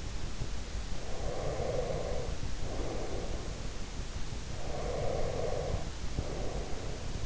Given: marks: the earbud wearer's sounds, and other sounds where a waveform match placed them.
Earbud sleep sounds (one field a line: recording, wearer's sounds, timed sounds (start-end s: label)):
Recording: sounds in sleep by an in-ear microphone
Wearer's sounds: breath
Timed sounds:
1.07-4.08 s: breath
4.42-7.26 s: breath